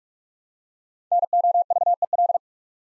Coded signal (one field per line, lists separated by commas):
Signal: Morse code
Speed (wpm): 44 wpm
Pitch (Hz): 700 Hz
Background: none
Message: NOVEL